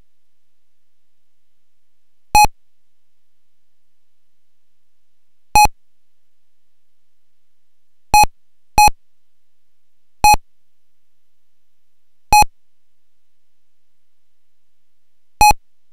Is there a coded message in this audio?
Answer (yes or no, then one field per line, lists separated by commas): no